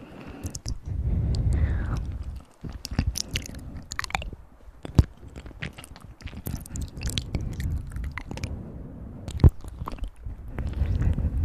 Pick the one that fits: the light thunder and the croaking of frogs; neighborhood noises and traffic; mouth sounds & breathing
mouth sounds & breathing